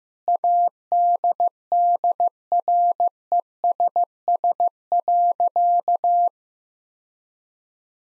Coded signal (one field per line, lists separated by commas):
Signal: Morse code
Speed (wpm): 15 wpm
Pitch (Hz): 700 Hz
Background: none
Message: ADDRESS.